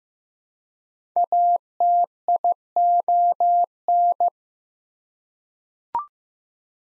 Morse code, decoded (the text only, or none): ATION